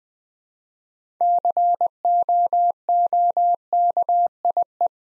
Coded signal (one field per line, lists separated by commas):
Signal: Morse code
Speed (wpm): 20 wpm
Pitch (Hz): 700 Hz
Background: none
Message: COOKIE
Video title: Easy Words with Hints - 20wpm